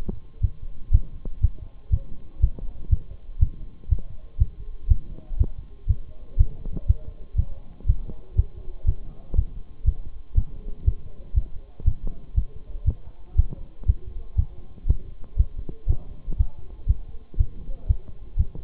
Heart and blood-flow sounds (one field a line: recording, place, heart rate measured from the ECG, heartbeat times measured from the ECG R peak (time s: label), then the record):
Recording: heart sounds by stethoscope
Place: between the tricuspid and mitral areas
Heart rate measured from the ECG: 120 bpm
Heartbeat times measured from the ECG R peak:
0.43 s: heartbeat
0.93 s: heartbeat
1.43 s: heartbeat
1.92 s: heartbeat
2.42 s: heartbeat
2.91 s: heartbeat
3.41 s: heartbeat
3.91 s: heartbeat
4.40 s: heartbeat
4.90 s: heartbeat
5.39 s: heartbeat
5.89 s: heartbeat
6.39 s: heartbeat
6.89 s: heartbeat
7.38 s: heartbeat
7.88 s: heartbeat
8.38 s: heartbeat
8.87 s: heartbeat
9.37 s: heartbeat
9.87 s: heartbeat
10.37 s: heartbeat
10.87 s: heartbeat
11.36 s: heartbeat
11.86 s: heartbeat
12.37 s: heartbeat
12.87 s: heartbeat
13.38 s: heartbeat
13.88 s: heartbeat
14.38 s: heartbeat
14.89 s: heartbeat
15.39 s: heartbeat
15.89 s: heartbeat
16.39 s: heartbeat
16.89 s: heartbeat
17.39 s: heartbeat
17.89 s: heartbeat
18.39 s: heartbeat
From the record:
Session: Bruce protocol treadmill stress test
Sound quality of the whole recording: partially saturated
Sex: male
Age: 23 years